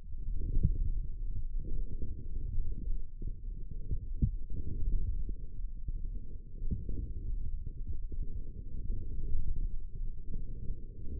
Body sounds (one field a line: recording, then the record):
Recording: forearm muscle sounds (acoustic myography)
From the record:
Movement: forearm supination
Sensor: system 1, eight BSWA MPA416 microphones around the upper forearm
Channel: 3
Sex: male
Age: 28 years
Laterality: right